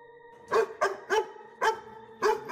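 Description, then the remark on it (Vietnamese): A dog at night, heard faintly from afar, gives five short, sharp barks in quick succession with a brief pause before the last two, each bark bright and harmonic over a faint steady hum. No one speaks. “Vừa dứt lời, tiếng chó ở đâu lại trù lên văng vẳng trong đêm”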